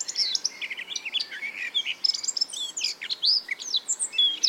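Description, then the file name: Eurasian blackcap: quick, varied warble of bright whistled notes and chirps, steady throughout, against a noticeable hiss of background noise. "Sylvia atricapilla"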